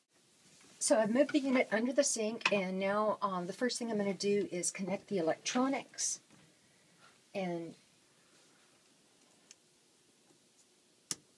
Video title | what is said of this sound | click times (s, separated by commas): UCE 9000T Installation | those pieces just snap right in | 9.5 s, 11.1 s